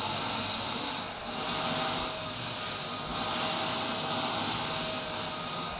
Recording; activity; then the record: daily activity, microphone in the room; vacuum cleaning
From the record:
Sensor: 2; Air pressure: 990.9 hPa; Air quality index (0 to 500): 135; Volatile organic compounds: 177 ppm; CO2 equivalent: 4132 ppm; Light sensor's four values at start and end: 21/50/20/20 and 21/50/20/20